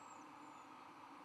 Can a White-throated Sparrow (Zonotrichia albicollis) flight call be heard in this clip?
no